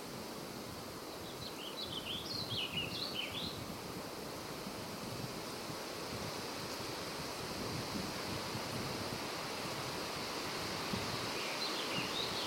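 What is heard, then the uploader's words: A midday forest hums under a steady rushing wash like water, with a bird's brief chirps near two to three seconds and again near the end. Mid-Day Forest. Recorded June 2022.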